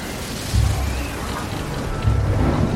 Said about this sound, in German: So ein Sturm auf hoher See bringt selbst die erfahrenen Seemänner an ihre körperlichen Grenzen. Aber nicht nur Wind und hohe Wellen machen den Reisenden zu schaffen.